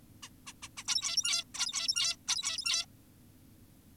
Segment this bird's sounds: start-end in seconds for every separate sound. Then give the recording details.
0.23-0.30, 0.47-0.53, 0.63-0.69, 0.77-0.84, 0.88-1.44, 1.55-2.16, 2.28-2.86. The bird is an adult. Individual g17y2U